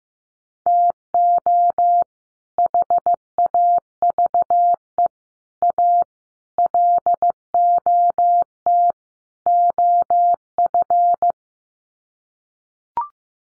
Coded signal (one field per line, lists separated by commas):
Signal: Morse code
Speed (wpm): 15 wpm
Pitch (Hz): 700 Hz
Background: none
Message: TO HAVE A LOT OF